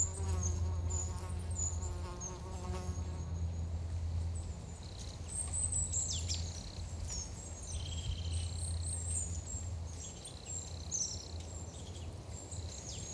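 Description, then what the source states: Insect buzzing, a droning hum with overtones for the first few seconds, with high bird chirps and whistles over a continuous low rumble. Forest atmosphere with wind rustle, birds and a plane.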